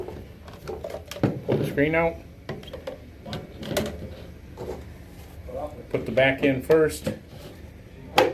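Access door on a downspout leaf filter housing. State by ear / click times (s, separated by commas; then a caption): seated / 8.2 s. Someone talks while fitting the plastic access door onto a downspout leaf filter housing, setting its back edge in first, with small handling knocks along the way. The front end is then pushed until the door snaps shut with one sharp, loud click at 8.2 s, seating it.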